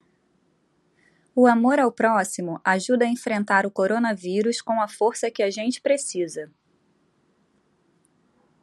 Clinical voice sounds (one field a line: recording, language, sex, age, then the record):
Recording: spoken sentence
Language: Brazilian Portuguese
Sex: female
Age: 30 to 39 years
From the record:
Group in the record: control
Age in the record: 37 years